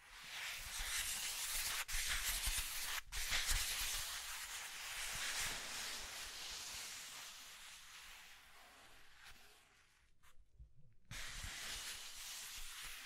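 Scratching and tracing sounds: a continuous dry, hissy rubbing with a bright, papery texture that swells and fades gently. Brief breaks interrupt it near 2 and 3 seconds, and a full pause of about a second falls around 10 seconds before the scratching resumes.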